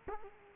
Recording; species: mosquito wingbeat signal from an infrared sensor; Culex quinquefasciatus